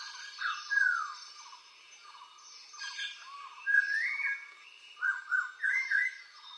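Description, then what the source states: Frog chorus with continuous pulsed chirping and loud upslurred and downslurred whistles that come in irregular bursts. Night chorus of frogs described as metallic frogs, recorded in Colombia.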